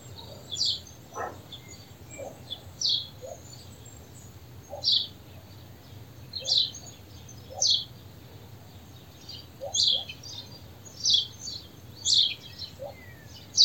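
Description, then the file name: House sparrow chirping, single and paired clipped notes at irregular intervals, with a brief lower sound early and light background hiss. "Passer domesticus"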